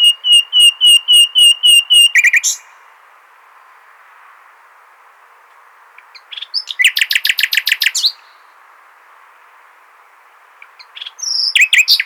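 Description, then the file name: Common nightingale song: a rapid run of repeated whistled notes, then a sharp trilled phrase, a pause, another loud rattling burst and a final phrase starting. "Luscinia megarhynchos"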